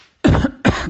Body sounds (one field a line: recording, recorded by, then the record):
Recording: voluntary cough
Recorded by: messaging app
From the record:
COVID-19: positive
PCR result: self-reported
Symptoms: yes